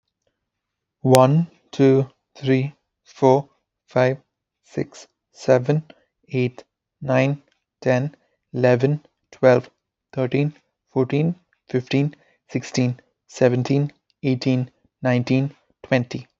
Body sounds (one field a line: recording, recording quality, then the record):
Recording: counting at a normal pace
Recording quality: excellent, no background noise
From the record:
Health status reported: healthy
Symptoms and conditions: none ticked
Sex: male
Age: 28 years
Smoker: not ticked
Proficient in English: yes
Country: India